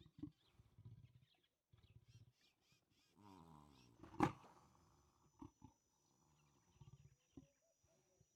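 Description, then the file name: Leopard sounds: low rasping grunts, a rising throaty growl, then one loud explosive snarl, followed by scattered short grunts. "Digiffects Sound Effects Library - Leopard Growls and Roars"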